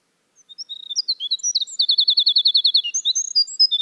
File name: Winter Wren